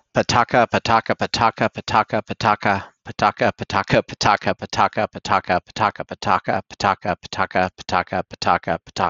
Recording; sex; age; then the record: repeated syllables /pa ta ka/; male; 50 to 59 years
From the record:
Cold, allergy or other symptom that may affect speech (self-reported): no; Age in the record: 52 years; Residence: Nebraska, United States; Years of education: 16